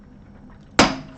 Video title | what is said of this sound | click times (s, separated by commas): How to Open and Close a Watch (Pressure Sealed) | we go did you hear that click more more like a pop so there you go so | 0.8 s